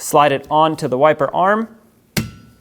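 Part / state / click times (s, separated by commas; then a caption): windshield wiper blade onto wiper arm hook / seated / 2.2 s. Someone talks while sliding a new plastic wiper blade adapter onto the hooked metal wiper arm of a 2010–2024 Toyota 4Runner's front wiper. A sharp click at 2.2 s marks the blade seating on the arm, leaving it fully secured.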